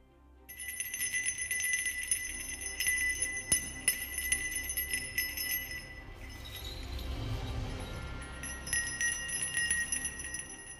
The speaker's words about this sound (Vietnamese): Trang Pha nói đoạn thì cười lớn, chuông bạc trong tay rung lắc, cờ phiến bay múa phần phật, thả ra linh lực.